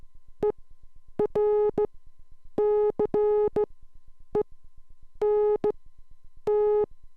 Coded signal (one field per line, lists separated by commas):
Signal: Morse code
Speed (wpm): 14 wpm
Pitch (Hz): 420 Hz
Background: none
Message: ERCENT